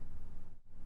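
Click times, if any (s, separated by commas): none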